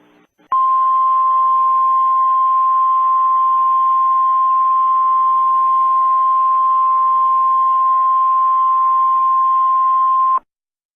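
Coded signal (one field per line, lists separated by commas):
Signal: Emergency Alert System (SAME) tones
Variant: 1050 Hz attention tone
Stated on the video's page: Fictional EAS mini scenario.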